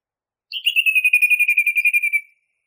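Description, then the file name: Song thrush song phrase: one dry, even trill of rapid repeated notes lasting nearly two seconds, on a steady pitch, with nothing else heard. Masteran recording used for training songbirds. "suara masteran songthrush"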